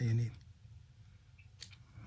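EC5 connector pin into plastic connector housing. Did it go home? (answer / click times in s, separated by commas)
no / none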